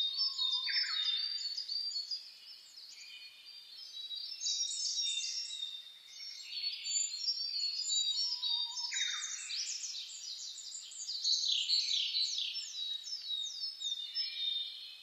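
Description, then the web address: Birds singing at dawn, a lively mix of high twittering phrases, quick descending sweeps and scattered lower whistled notes. Dawn chorus (reimei) of birdsong (saezuri), recorded 10 May 2010. "reimei DH-D 50-saezuri-20100510"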